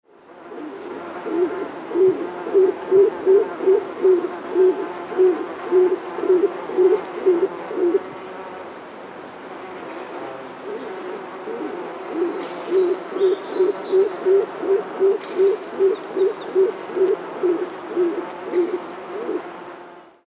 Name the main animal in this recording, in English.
Stock Dove